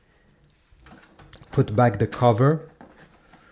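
Someone talks while the plastic access cover over the newly fitted ink maintenance box of an Epson XP-5200 inkjet printer is handled, with a few light knocks and taps before it goes back onto the printer body. Nothing has seated or clicked yet; the cover is still being handled.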